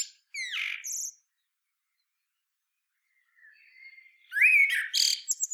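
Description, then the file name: Common blackbird singing: a short fluty phrase ending in a high squeaky twitter, a pause, then a soft low warble and a louder scratchy flourish. "Turdus merula"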